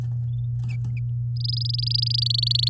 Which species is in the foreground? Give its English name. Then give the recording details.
Domestic Canary. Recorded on 8 May 2018 at 12:11. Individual llb16